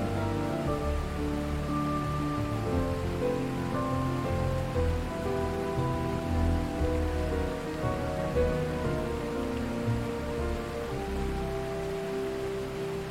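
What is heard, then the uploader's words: Water rushes in a steady, unbroken wash, like heavy rain or a strong flow. Over it plays slow music of long, held notes that shift gently from chord to chord, mostly in the low and middle range, at an even level throughout. WATER Gushing Sound with MUSIC.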